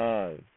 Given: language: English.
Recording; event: throat vibration sensor signal played as sound; speech